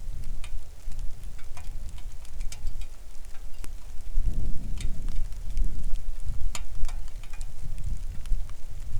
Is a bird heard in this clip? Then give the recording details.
yes. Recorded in the Arctic National Wildlife Refuge, Alaska, on 3 August 2019 at 10:09. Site 41